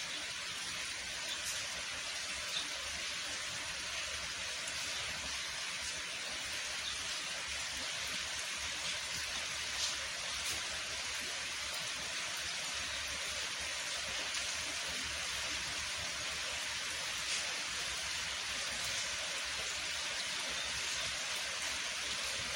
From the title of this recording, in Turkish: Yağmur Sesi